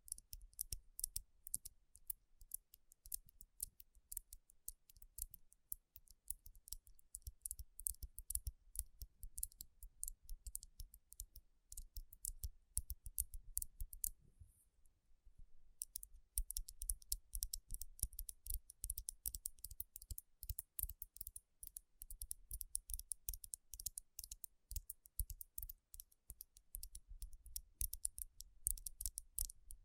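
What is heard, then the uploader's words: Fingers tap and rub over rhinestone-covered palms in a dense, rapid stream of crisp little clicks and scratchy ticks, bright and sharp with a soft low thump under many of them. The pattern runs steadily throughout, pausing briefly around the fifteen-second mark before resuming. Tapping & Rubbing Rhinestone Covered Palms.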